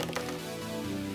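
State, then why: Not seated. A keyed plastic projectile from a 30-year-old toy is worked against the plastic launcher on a toy vehicle during a struggling attempt to fit it. Two sharp plastic ticks at about 0.0 and 0.2 s stand out over steady tonal music. Nothing has seated or clicked into place yet.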